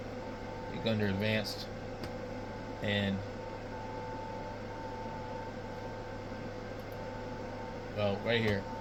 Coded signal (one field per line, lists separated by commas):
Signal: FT8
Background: speech